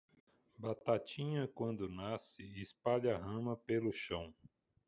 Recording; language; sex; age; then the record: short text; Brazilian Portuguese; male; 50 to 59 years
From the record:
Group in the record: control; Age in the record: 55 years